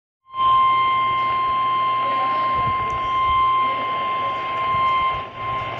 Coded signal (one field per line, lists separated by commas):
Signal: Emergency Alert System (SAME) tones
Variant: 1050 Hz attention tone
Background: speech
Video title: NOAA WEATHER RADIO: Severe Thunderstorm Warning 7/22/2019 (EAS #20)